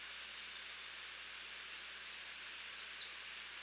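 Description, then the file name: American redstart song: faint high notes, then a clear burst of quick, sharp, repeated high notes ending the phrase. "Setophaga ruticilla - American Redstart"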